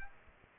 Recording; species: mosquito wingbeat signal from an infrared sensor; Aedes aegypti